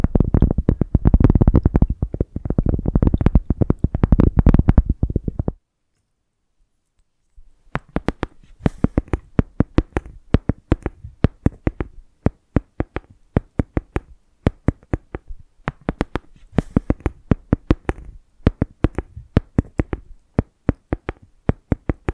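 Tapping and scratching on a surface. For the first five and a half seconds the taps come in a fast, dense, heavy run with a strong low thump, then nearly two seconds of silence. From about 7.5 seconds lighter, crisper taps return in irregular clusters, sharp and clicky, continuing to the end.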